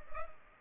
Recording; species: mosquito wingbeat signal from an infrared sensor; Culex pipiens